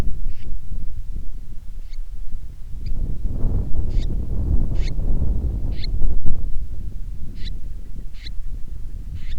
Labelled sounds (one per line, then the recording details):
bird
wind
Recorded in the Prudhoe Bay oil fields, Alaska, on 10 July 2019 at 09:46
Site 11